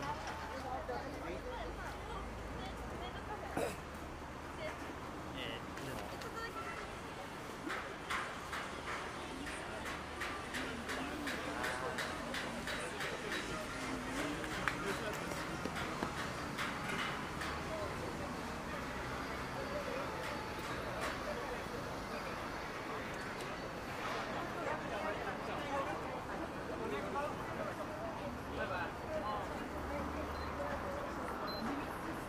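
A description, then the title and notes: Daytime street sound in Akihabara: a steady, dense wash of crowd chatter and overlapping voices runs throughout. A low rumble of passing traffic sits underneath, while clusters of sharp clicks and taps come and go, most thickly around the middle. Akihabara,daytime.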